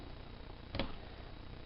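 A screw is driven by hand with a screwdriver into the hole of a new front foot on a Studio 150 knitting machine, under even pressure as it begins to bite. The screwdriver slips in the screw head with a brief double tick at about 0.8 s and 0.8 s, otherwise quiet. The screw head is stripped by the slip, and the screw has not seated yet.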